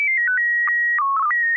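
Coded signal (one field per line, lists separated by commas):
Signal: SSTV (slow-scan television)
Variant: PD 120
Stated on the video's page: Morse heard during an SSTV net on an FM repeater at 441.300 MHz in Sacramento.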